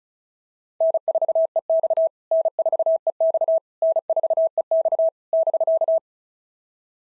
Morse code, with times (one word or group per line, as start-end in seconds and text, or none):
0.8-2.1 N4EX
2.3-3.6 N4EX
3.8-5.1 N4EX
5.3-6.0 <BK>